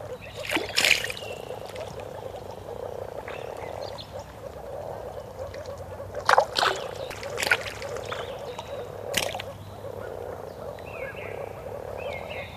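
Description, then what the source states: Frogs calling in a steady chorus, broken by several sharp bursts of sound. Several frog species calling at a lake just after the ice had melted; recording from 1986.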